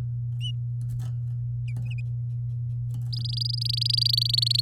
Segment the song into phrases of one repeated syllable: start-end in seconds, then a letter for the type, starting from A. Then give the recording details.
3.13-4.61 A. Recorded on 8 May 2018 at 12:57. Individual llb16